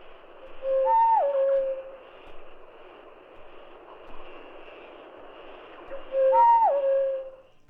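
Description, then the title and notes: Tropical Boubou duet: two whistled phrases, each a low note jumping higher then dropping back, several seconds apart, over steady hiss. Race Laniarius aethiopicus major; duet; three duets at normal speed then three at half speed; November 1962, Lake Nakuru, Kenya. "W.H. Thorpe, M.E. North, Robin Holmes - Tropical Boubou Shrike"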